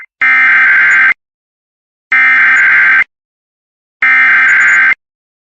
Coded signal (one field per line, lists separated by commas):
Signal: Emergency Alert System (SAME) tones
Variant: header bursts